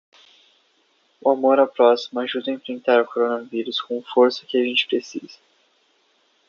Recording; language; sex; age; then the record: spoken sentence; Brazilian Portuguese; male; 20 to 29 years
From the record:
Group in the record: control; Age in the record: 25 years